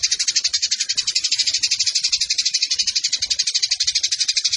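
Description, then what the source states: Eurasian tree sparrow: an even, rapid series of rasping high chirps repeated about four times a second without a break. Fighting-style sparrow with a long 'nembak panjang' (rapid shooting) song and clear voice; mandatory tutor recording for birds entered in song competitions.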